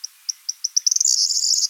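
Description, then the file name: Corn bunting song: spaced ticking notes speeding up, then breaking into a bright, jangling, glassy trill. "grauamme"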